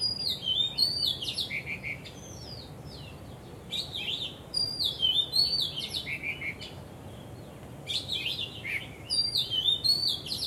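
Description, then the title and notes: Bird song: energetic phrases of bright high whistles and chatter, falling in pitch, returning in several bursts with brief gaps. Birds singing vigorously at Wu Kai Sha, Hong Kong, 15 December 2006; recorded with AKG condenser microphones in XY stereo. "香港 烏溪沙 雀鳥勁唱歌 Date: 15 December 2006"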